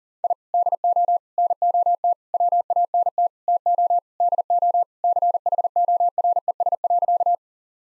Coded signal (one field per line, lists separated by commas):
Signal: Morse code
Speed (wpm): 40 wpm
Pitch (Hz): 700 Hz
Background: none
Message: I DO NOT WANT TO DO CHORES.